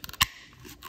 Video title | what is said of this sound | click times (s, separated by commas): A STEP CLOSER TO BECOMING A DETAILER? (Product review episode 2 / cleaning my car with a wet vac) | to the hose end until it clicks into place | 0.2 s